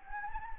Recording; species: mosquito wingbeat signal from an infrared sensor; Anopheles gambiae